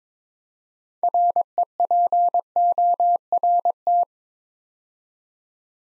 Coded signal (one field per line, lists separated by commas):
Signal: Morse code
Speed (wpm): 22 wpm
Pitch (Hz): 700 Hz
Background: none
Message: REPORT